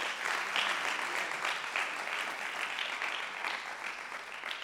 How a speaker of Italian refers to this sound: Ehi, applauso.